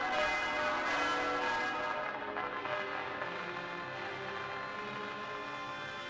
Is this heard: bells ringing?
yes